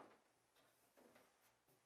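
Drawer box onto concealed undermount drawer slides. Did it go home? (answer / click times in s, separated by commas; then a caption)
no / none. A wooden drawer box is handled on extended Blum Tandem concealed undermount drawer slides with Blumotion, with soft scraping and light knocking sounds. Nothing has seated or clicked yet; the locking devices under the drawer have not locked onto the slides.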